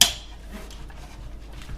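The last retaining tab of the plastic front bezel on an HP Pavilion Gaming PC TG01-0023W snaps into the desktop case with a sharp click at 0.0 s. This completes the third of three clicks, and the panel is seated. A faint tap follows near 0.9 s over low background noise.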